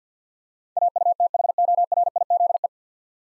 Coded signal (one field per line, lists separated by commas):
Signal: Morse code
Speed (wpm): 50 wpm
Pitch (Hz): 700 Hz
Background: none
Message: AUTHORIZE